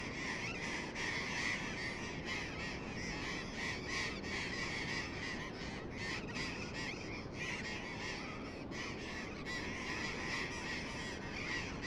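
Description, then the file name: Burrowing parrots giving harsh, screeching calls, many overlapping in rapid bursts about three per second, over a steady rushing background noise. Several burrowing parrots together. "tomas miguel - loros barranqueros"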